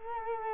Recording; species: mosquito wingbeat signal from an infrared sensor; Culex quinquefasciatus